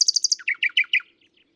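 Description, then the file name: Common nightingale song phrase: a rapid run of five high piping notes, then a lower series of repeated slurred notes fading out. "Luscinia megarhynchos"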